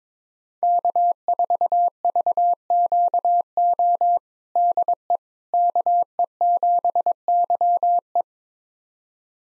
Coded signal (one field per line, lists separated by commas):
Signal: Morse code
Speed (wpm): 22 wpm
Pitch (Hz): 700 Hz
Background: none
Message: K4VQO DE KE7YE